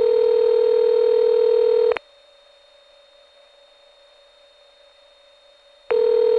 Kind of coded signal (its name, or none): telephone call progress tone